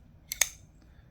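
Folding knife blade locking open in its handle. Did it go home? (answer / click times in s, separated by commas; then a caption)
yes / 0.3 s, 0.4 s. The blade of a Ram-Lok folding knife is flicked open and locks in place in its handle with a sharp double metal click at 0.3 and 0.4 seconds. The blade swings out smoothly without a detent click, and the lock engages.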